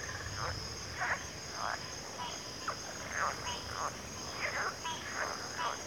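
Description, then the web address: Cricket chorus: a constant high buzzing drone overlaid with short bursts of pulsed chirps coming at uneven intervals. Cricket chorus recorded at a backwater. "WLL Grade 1-12 Pre-Uni Library Natures Songs Sleep Sounds of Nature CRICKETS Backwater Chorus"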